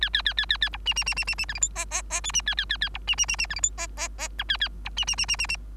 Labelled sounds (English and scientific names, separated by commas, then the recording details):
Bengalese Finch (Lonchura striata domestica) song
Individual Bird3